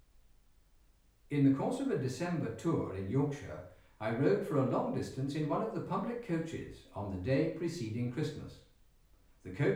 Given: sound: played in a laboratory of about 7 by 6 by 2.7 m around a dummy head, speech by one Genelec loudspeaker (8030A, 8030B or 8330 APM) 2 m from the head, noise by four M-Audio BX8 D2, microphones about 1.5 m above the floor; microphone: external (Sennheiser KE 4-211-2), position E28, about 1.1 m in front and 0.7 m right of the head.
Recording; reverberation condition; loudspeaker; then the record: male speech in English; medium; behind (180 degrees)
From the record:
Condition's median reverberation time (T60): about 510 ms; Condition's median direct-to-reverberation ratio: about -0.5 dB